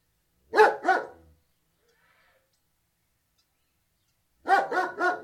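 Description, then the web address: German Shepherd barking, two heavy barks, a long pause, then a run of three rapid barks. Large Alsatian barking, dog indoors with microphone outside. "BBC. large alsatian barking with some birdsong dog interior microphone exterior"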